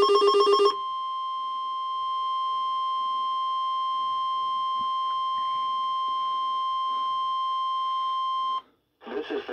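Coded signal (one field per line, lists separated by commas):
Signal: Emergency Alert System (SAME) tones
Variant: 1050 Hz attention tone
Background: speech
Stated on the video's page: Weekly test recorded on an EAR-10 receiver.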